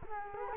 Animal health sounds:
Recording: mosquito wingbeat signal from an infrared sensor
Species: Culex quinquefasciatus

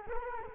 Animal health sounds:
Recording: mosquito wingbeat signal from an infrared sensor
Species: Culex quinquefasciatus

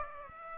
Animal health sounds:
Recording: mosquito wingbeat signal from an infrared sensor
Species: Aedes aegypti

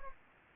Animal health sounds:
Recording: mosquito wingbeat signal from an infrared sensor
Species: Anopheles gambiae

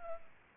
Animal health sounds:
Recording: mosquito wingbeat signal from an infrared sensor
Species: Culex pipiens

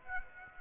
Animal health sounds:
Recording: mosquito wingbeat signal from an infrared sensor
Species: Aedes aegypti

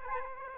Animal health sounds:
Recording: mosquito wingbeat signal from an infrared sensor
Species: Aedes aegypti

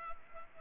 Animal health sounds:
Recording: mosquito wingbeat signal from an infrared sensor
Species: Culex pipiens

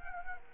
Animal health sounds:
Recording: mosquito wingbeat signal from an infrared sensor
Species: Culex quinquefasciatus

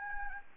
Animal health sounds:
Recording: mosquito wingbeat signal from an infrared sensor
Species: Anopheles gambiae

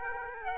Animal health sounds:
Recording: mosquito wingbeat signal from an infrared sensor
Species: Aedes aegypti

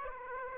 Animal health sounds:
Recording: mosquito wingbeat signal from an infrared sensor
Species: Aedes aegypti

